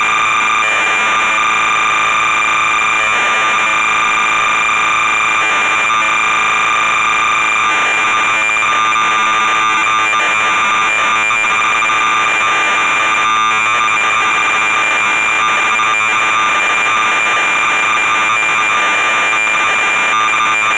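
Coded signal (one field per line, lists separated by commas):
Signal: computer data on cassette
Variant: MSX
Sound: continuous harsh buzzing warble alternating between two tones, steady loudness throughout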